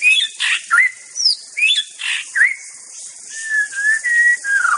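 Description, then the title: White-rumped shama song: loud varied whistled phrases with slurred rising and falling notes and short buzzy bursts, delivered in quick bouts with brief pauses. Wild bird recorded in forest. "Suara burung murai batu asli hutan"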